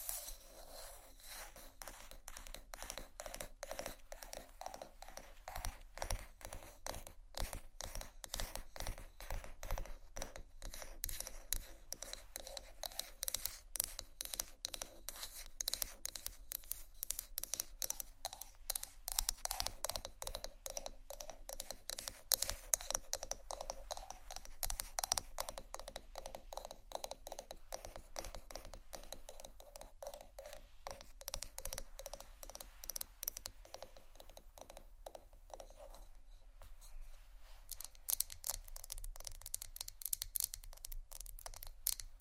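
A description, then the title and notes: Fast tapping and scratching runs the whole way through, a dense stream of quick, sharp clicks with a bright, crisp edge. The rhythm stays busy and fairly even, with brief thinner stretches, and a low steady hum sits underneath until about 36 seconds. ASMR Fast Tapping & Scratching （No Talking）.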